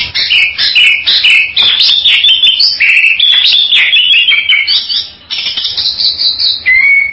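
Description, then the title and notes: Bali myna song of bright whistled and buzzy notes in a fast, varied stream, ending with a clear whistle. "Jalak Bali. Kicau Burung Jalak"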